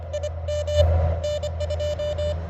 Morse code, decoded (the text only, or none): IM N2